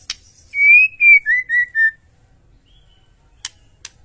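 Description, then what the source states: White-rumped shama song: one clear phrase of five smooth whistled notes, the first long and rising, the rest slurring lower, followed by two sharp clicks. Masteran training track for cage birds; song described as full rolling and firing.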